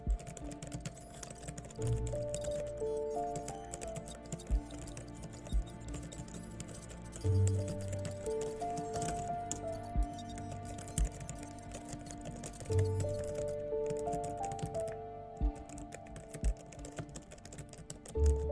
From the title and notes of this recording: Hacker room ambience | cyber crime | computer hacking | Mysterious suspense vibes.